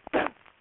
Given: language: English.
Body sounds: throat vibration sensor signal played as sound; cough

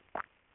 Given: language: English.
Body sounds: throat vibration sensor signal played as sound; swallow

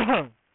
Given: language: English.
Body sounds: throat vibration sensor signal played as sound; cough

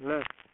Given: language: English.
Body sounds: throat vibration sensor signal played as sound; speech

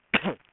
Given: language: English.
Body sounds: throat vibration sensor signal played as sound; cough

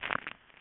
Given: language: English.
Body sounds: throat vibration sensor signal played as sound; swallow

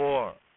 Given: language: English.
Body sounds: throat vibration sensor signal played as sound; speech

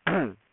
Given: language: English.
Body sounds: throat vibration sensor signal played as sound; throat clearing

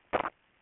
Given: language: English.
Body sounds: throat vibration sensor signal played as sound; swallow

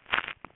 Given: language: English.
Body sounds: throat vibration sensor signal played as sound; swallow

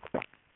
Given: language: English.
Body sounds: throat vibration sensor signal played as sound; swallow

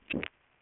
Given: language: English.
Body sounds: throat vibration sensor signal played as sound; swallow

